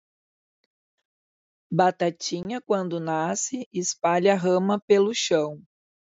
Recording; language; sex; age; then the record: short text; Brazilian Portuguese; female; 50 to 59 years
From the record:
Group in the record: control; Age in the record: 51 years